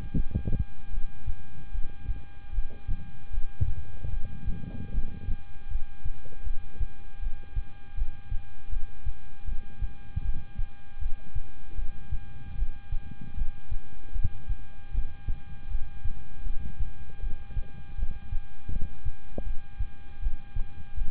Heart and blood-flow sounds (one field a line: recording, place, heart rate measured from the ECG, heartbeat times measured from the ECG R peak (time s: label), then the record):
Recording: heart sounds by stethoscope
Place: between the tricuspid and mitral areas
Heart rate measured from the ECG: 78 bpm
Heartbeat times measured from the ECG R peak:
0.13 s: heartbeat
0.91 s: heartbeat
1.72 s: heartbeat
2.52 s: heartbeat
3.31 s: heartbeat
4.10 s: heartbeat
4.92 s: heartbeat
5.69 s: heartbeat
6.44 s: heartbeat
7.20 s: heartbeat
7.95 s: heartbeat
8.70 s: heartbeat
9.45 s: heartbeat
10.22 s: heartbeat
10.99 s: heartbeat
11.76 s: heartbeat
12.56 s: heartbeat
13.35 s: heartbeat
14.13 s: heartbeat
14.92 s: heartbeat
15.68 s: heartbeat
16.43 s: heartbeat
17.20 s: heartbeat
17.96 s: heartbeat
18.70 s: heartbeat
19.44 s: heartbeat
20.20 s: heartbeat
20.95 s: heartbeat
From the record:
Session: rest, lying down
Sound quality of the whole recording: good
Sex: male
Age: 26 years